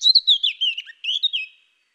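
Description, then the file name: Eurasian blackcap singing a fluty warble of slurred, clear notes that trails off after about a second and a half. "Sylvia atricapilla"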